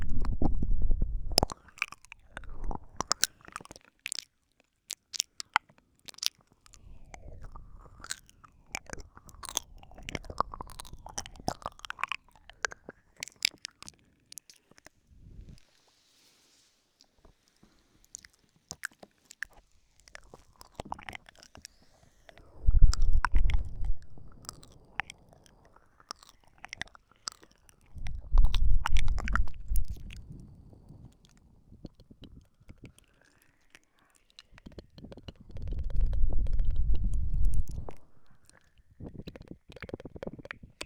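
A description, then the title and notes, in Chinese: Soft, slow mouth sounds: sparse wet clicks and tongue flicks scattered across the clip, with quiet gaps between them. Low, rumbling breaths of blowing into the microphone come in bursts at the start and around 23, 29 and 36 seconds. 温柔慢节奏口腔音，吹吹，略略略（asmr助眠）。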